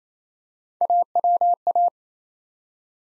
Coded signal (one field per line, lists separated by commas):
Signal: Morse code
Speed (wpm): 27 wpm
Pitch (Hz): 700 Hz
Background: none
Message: AWA